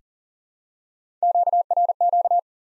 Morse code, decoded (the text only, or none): QRQ